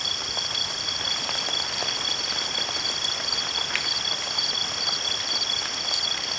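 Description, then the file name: Steady shrill cricket chorus without pause, accompanied by falling rain heard as even hiss and brief ticking drops. "Relaxing Crickets Rain"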